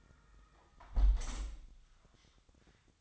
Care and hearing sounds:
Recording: daily activity, microphone in the room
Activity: close window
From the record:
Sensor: 3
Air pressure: 1004.6 hPa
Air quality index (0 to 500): 85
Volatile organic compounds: 2 ppm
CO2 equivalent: 1294 ppm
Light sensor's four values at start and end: 7/16/6/6 and 7/16/6/6

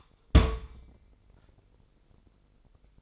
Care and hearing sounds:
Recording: daily activity, microphone in the room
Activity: place on stove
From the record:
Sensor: 5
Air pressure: 995.5 hPa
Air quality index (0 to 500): 96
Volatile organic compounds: 5 ppm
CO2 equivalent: 1831 ppm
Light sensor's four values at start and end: 34/81/33/35 and 35/84/34/35

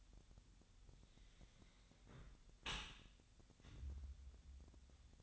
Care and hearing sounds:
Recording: daily activity, microphone in the room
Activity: close dishwasher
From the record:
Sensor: 3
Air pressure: 1006.7 hPa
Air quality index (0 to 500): 207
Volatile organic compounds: 19 ppm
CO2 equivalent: 2644 ppm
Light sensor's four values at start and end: 10/25/10/10 and 10/24/10/10

